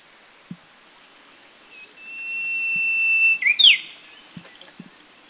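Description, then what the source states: Brownish-flanked bush warbler singing one long, steady, high whistle held for over a second, then an abrupt, sharply rising, explosive flourish; faint soft clicks in an otherwise quiet background. Recorded at Anmashan, Taiwan, in April 2010.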